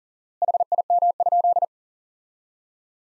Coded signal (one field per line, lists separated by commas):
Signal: Morse code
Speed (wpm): 40 wpm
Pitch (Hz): 700 Hz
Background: none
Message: HIM?